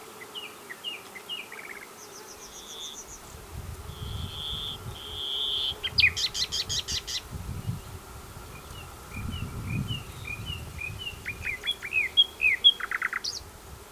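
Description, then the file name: Common nightingale singing varied phrases: quick descending chips, a steady whistle, a harsh rattling burst, then series of slurred notes, over intermittent low rumbling. "Luscinia megarhynchos"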